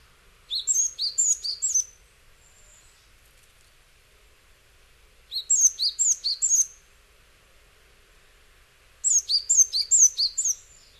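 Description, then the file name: Japanese tit calling in three bursts, each a rapid string of several high, sharp chirping notes, with pauses of a few seconds between them. Recorded in Hyogo, Japan, in October. "sijuukara 10 1006 hyogo kaji"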